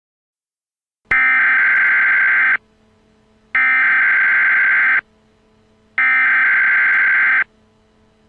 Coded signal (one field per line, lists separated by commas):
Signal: Emergency Alert System (SAME) tones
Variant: header bursts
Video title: Assassination of Harambe (Rare Emergency Alert Footage)